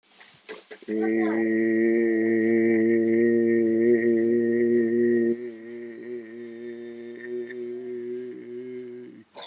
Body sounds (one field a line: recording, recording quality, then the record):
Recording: sustained vowel as in made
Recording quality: excellent, no background noise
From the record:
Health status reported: COVID-19 positive, mild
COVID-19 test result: positive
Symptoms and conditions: fever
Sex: male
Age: 55 years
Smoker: not ticked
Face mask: worn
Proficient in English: yes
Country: India